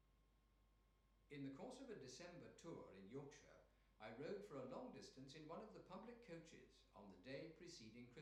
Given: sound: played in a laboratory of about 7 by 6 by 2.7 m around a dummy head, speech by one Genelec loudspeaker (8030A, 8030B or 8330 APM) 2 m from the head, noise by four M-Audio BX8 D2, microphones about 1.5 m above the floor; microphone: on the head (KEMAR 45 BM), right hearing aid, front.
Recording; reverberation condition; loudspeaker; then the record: male speech in English; medium; in front (0 degrees)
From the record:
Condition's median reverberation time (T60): about 510 ms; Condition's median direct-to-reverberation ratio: about -0.5 dB